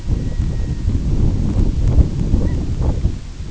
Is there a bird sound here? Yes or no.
yes